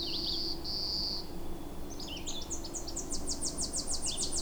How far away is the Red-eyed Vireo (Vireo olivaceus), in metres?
about 40 m